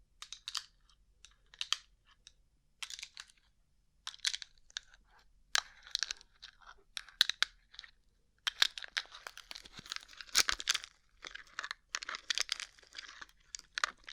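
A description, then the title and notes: Rhinestone-covered tapping comes in quick, bright bursts of clicks and scratchy rustles, spaced apart early, then denser and nearly continuous after eight seconds. ASMR Rhinestone Covered Tapping 3Dio (No Talking).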